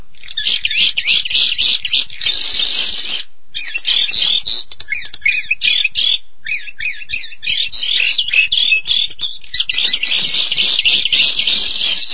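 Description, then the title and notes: Starling song: a dense, chattering run of harsh rasps, clicks and squeaky whistled notes, broken by brief pauses, then resuming in rapid, scratchy bursts. "suara burung jalak"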